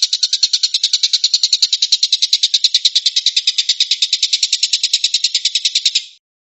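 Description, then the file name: Stork-billed kingfisher producing a quick, harsh rattle of steady pulses that stops abruptly near the end, followed by silence. Tembakan, a rapid "shooting" call style. "suara tembakan tengkek buto"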